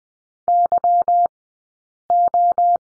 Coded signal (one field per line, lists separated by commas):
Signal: Morse code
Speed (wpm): 20 wpm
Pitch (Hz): 700 Hz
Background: none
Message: YO